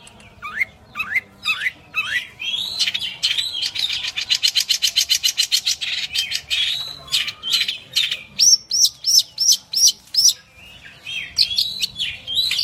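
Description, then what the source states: Long-tailed shrike song with rising whistles, a fast buzzy rattle of rapid notes, then a run of high arched whistles and scratchy chatter. Champion songbird.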